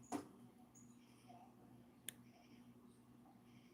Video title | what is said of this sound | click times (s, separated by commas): Part 1 turorial chain link necklace Semi precious amethyst gemstones,Rainbow Swarovski beads | You can almost hear it click. | 2.1 s